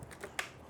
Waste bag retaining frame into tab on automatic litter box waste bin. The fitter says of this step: just under this little tab because this is going to actually lock right back onto here